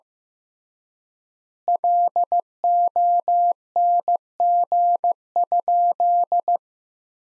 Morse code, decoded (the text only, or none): LONG?